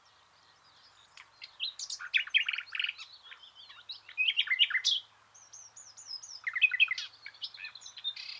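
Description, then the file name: Common nightingale song opening with a high thin repeated note, then vigorous churring bursts, whistled slurs and rapid trills with short gaps. "Luscinia megarhynchos"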